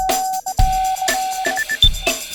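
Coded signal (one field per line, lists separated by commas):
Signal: none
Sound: sound library demo beeps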